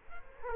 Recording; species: mosquito wingbeat signal from an infrared sensor; Culex quinquefasciatus